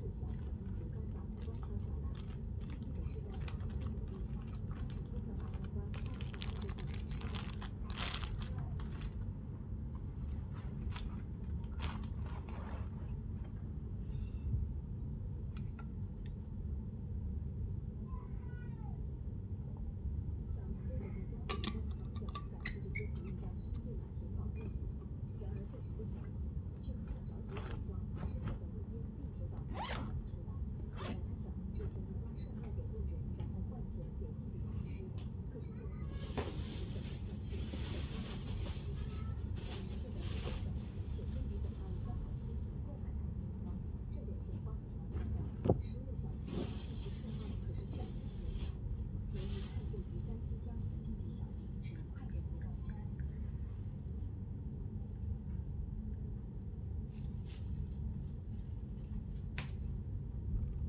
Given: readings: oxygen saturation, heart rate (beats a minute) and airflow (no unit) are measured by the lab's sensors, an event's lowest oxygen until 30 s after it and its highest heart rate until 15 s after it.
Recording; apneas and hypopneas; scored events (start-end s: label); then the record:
a person awake in a sleep study, by a smartphone at the bedside; none
0.00-60.89 s: awake
From the record:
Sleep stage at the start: awake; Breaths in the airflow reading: 24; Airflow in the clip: -0.7 to 0.7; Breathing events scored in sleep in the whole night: 131 in 7.2 hours asleep